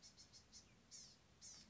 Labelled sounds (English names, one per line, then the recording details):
Blue-gray Gnatcatcher
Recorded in Sonoma County, California